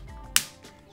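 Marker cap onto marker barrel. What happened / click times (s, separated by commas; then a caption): The cap snapped onto the marker / 0.4 s. A plastic cap is snapped back onto the barrel of an ArtSkills Dual Ended Classic Marker. A single sharp, bright snap rings out at 0.4 s against a quiet background and fades quickly. The cap is seated firmly, its crisp snap confirming it is on.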